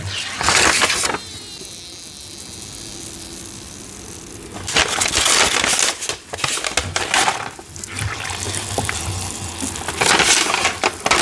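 Dye is poured over soft chalk, which crackles and crumbles in bright, gritty bursts near the start and again from about 4.5 seconds to the end. Between bursts it goes quieter, leaving faint fizzing and a low hum.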